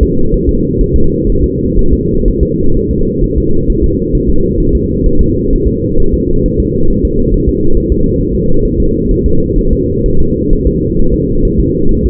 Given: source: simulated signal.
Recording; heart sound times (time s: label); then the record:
fetal heart sounds
0.03 s: S2
0.34 s: S1
0.49 s: S2
0.81 s: S1
0.96 s: S2
1.30 s: S1
1.44 s: S2
1.79 s: S1
1.93 s: S2
2.28 s: S1
2.43 s: S2
2.77 s: S1
2.91 s: S2
3.24 s: S1
3.38 s: S2
3.70 s: S1
3.84 s: S2
4.15 s: S1
4.29 s: S2
4.60 s: S1
4.75 s: S2
5.06 s: S1
5.21 s: S2
5.53 s: S1
5.68 s: S2
6.00 s: S1
6.14 s: S2
6.46 s: S1
6.60 s: S2
6.90 s: S1
7.05 s: S2
7.34 s: S1
7.49 s: S2
7.77 s: S1
7.92 s: S2
8.21 s: S1
8.35 s: S2
8.65 s: S1
8.80 s: S2
9.11 s: S1
9.26 s: S2
9.58 s: S1
9.73 s: S2
10.06 s: S1
10.21 s: S2
10.53 s: S1
10.67 s: S2
10.99 s: S1
11.14 s: S2
11.45 s: S1
11.60 s: S2
11.92 s: S1
12.06 s: S2
From the record:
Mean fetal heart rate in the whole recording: 130 bpm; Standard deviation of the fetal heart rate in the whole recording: 4 bpm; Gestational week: 38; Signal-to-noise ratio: -19.1 dB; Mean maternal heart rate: 72 bpm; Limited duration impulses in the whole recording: present